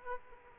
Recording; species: mosquito wingbeat signal from an infrared sensor; Aedes aegypti